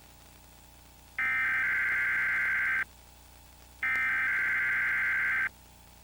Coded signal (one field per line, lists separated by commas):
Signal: Emergency Alert System (SAME) tones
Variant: header bursts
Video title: 2 EAS tests on Nickelodeon (September 27, 2017, VHS quality)